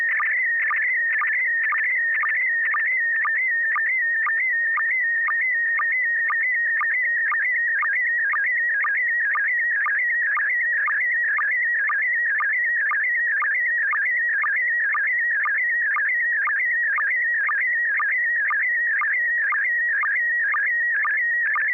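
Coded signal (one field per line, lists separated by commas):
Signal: SSTV (slow-scan television)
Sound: warbling high tone with short low sync blips about twice a second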